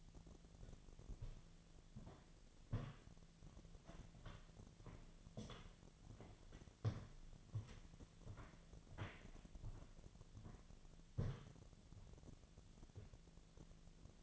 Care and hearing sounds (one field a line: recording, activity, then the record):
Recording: daily activity, microphone in the room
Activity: walk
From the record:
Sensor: 4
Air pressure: 1009.1 hPa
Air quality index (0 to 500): 168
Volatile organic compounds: 4 ppm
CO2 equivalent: 1688 ppm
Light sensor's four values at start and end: 24/76/29/28 and 24/75/29/28